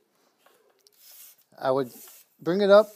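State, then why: Not seated. The first telescoping section of an aluminum grade rod is gripped and slid upward in the rod body to measure ceiling height, giving only faint handling sounds while someone talks. The section has not reached its locking point, and nothing has clicked or seated yet.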